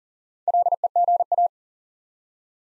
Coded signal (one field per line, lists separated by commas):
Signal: Morse code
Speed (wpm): 40 wpm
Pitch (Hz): 700 Hz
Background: none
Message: LEGA